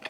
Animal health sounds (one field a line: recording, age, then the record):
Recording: pig call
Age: piglet (1 to 25 days)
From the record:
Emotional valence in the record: positive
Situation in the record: after nursing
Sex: male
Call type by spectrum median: low-frequency call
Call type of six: low-frequency tonal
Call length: 0.10 s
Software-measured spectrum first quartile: 1165 Hz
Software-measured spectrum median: 2004 Hz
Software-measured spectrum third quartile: 2892 Hz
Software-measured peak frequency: 1783 Hz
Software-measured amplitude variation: 242 dB a second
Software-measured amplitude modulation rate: 9.9 a second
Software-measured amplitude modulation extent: 24.5 dB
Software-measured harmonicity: -0.7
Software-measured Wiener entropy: -1.05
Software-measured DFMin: 900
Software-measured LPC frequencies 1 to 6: 728, 1861, 2564, 3411, 4457, 5056 Hz